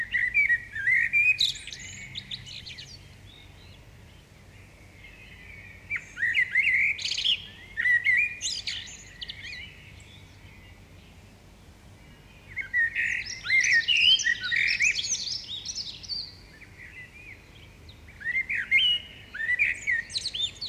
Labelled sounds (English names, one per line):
Common Blackbird song